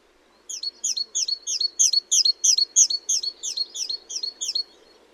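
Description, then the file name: Great tit delivering a clear, even series of high double notes, roughly three each second, over a quiet low hum. "Parus major"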